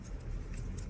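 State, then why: Not seated. During an engine service on a 2013 Citroën C3 1.4 HDi, a plastic clip-on cover is pressed by hand onto an engine-bay housing. A steady low rumble is heard with faint handling noises and a few brief ticks. Nothing has clipped or seated yet.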